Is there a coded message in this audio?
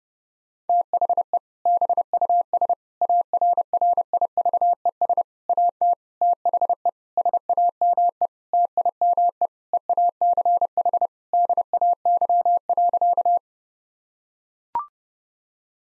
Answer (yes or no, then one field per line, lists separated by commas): yes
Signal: Morse code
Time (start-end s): 0.7-13.4 s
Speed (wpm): 32 wpm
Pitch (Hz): 700 Hz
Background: none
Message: THE BUS ARRIVES AT THE SAME TIME EACH DAY.